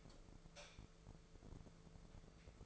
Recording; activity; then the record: daily activity, microphone in the room; light off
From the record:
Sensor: 5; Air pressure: 1014.8 hPa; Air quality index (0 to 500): 168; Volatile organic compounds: 6 ppm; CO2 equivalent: 1851 ppm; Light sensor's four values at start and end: 56/137/55/58 and 55/132/54/56